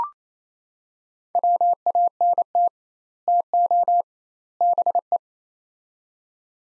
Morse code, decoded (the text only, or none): WANT TO BE